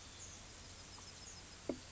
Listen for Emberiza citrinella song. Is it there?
no